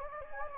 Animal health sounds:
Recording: mosquito wingbeat signal from an infrared sensor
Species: Anopheles gambiae

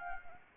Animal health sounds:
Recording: mosquito wingbeat signal from an infrared sensor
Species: Anopheles arabiensis

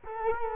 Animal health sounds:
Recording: mosquito wingbeat signal from an infrared sensor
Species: Culex quinquefasciatus

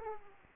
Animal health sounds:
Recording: mosquito wingbeat signal from an infrared sensor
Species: Aedes aegypti

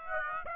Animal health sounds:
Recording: mosquito wingbeat signal from an infrared sensor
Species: Aedes aegypti

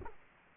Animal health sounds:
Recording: mosquito wingbeat signal from an infrared sensor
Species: Culex quinquefasciatus

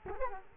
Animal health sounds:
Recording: mosquito wingbeat signal from an infrared sensor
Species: Culex quinquefasciatus

